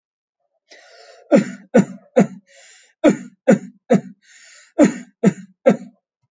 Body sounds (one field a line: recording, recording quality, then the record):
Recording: heavy voluntary cough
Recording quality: excellent, no background noise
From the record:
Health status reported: healthy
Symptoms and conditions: none ticked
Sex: male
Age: 32 years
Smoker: not ticked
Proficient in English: yes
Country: India